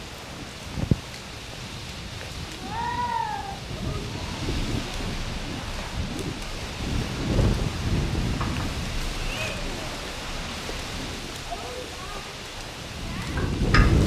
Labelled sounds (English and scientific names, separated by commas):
Reindeer (Rangifer tarandus) call